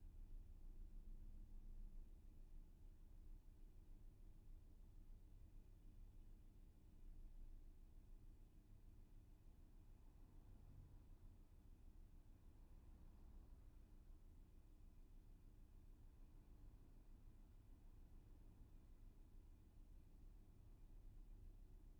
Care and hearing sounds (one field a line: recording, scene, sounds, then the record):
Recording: everyday scene through a hearing-aid microphone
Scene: in a vehicle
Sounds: engine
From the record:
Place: VW T5 Caravelle, diesel engine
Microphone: behind the ear, left, front